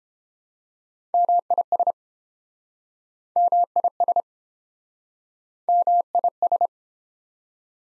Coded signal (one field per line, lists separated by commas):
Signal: Morse code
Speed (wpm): 32 wpm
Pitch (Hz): 700 Hz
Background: none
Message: MIS MIS MIS